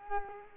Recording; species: mosquito wingbeat signal from an infrared sensor; Culex quinquefasciatus